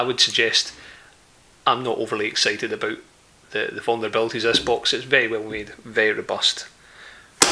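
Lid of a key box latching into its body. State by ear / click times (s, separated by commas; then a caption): seated / 7.4 s. Someone talks, then at 7.4 s the metal lid of a Master Lock Smart Connected key box is slammed shut. A loud, sharp snap is heard as the locking bars drop into place automatically. The lid latches into the box body and the box is locked shut.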